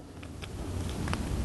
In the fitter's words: that snaps in place with a waterproof connector